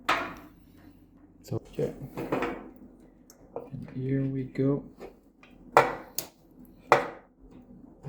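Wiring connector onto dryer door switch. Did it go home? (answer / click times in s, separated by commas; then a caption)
yes / 5.8 s, 6.9 s. A wiring harness connector is pushed onto the terminals of a new plastic dryer door switch, part 3406107, until it locks. Someone talks, and sharp clicks sound at 5.8 s and 6.9 s as the connector seats on the switch.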